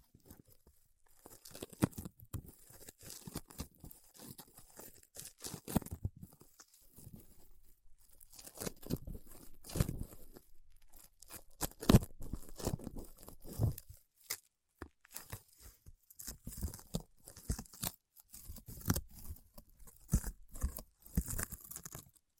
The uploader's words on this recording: ASMR Paraffin Wax Peeling, Tapping and Scratching (No Talking).